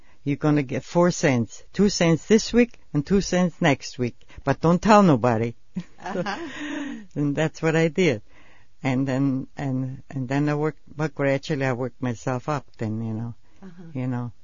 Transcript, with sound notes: You're going to get four cents, two cents this week and two cents next week, but don't tell nobody." ( both laugh ) And that's what I did. And then – and then I worked – but gradually I worked myself up then, you know.